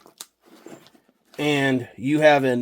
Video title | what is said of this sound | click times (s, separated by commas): EDC Get home/Bugout Bag Genilu 60L Backpack | snap those back together, | 0.2 s